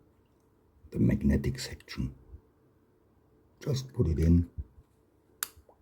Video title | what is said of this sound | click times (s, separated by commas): Fountain Pen World - Parts & Features of a Fountain Pen - Part I | Click oh I like that | 5.4 s